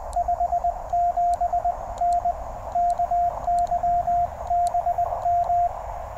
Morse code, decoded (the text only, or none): 57N KY BM